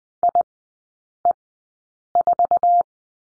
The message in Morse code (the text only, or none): IE4